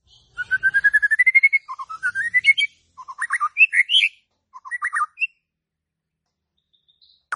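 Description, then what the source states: White-rumped shama song: a rapid run of rising whistled notes, then clusters of fast, varied warbling phrases separated by short pauses. Lure for a stressed murai batu (shama) that has stopped singing (stres, macet).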